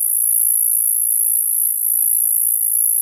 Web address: 100 th meridian cicadas songs Okanagana balli fragment JRCooley